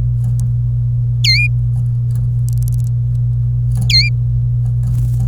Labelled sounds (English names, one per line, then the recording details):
Domestic Canary song
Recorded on 26 April 2018 at 09:59
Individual llb3